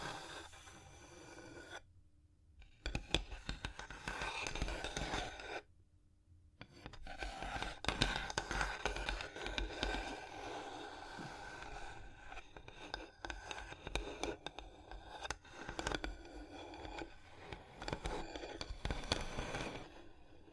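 Tapping, scratching and tracing on a surface, with dense bright scrapes and quick crackly taps. Two short near-silent gaps fall around 2 and 5.5 seconds, after which the scratching runs fairly steadily to the end, with sharper taps scattered throughout.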